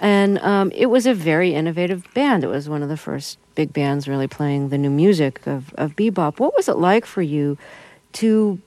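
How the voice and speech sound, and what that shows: A single adult woman speaks clearly and fluently at a relaxed conversational pace, with a medium pitch and lively rise and fall, asking an interview question. Her voice is clear, with only brief natural pauses between phrases.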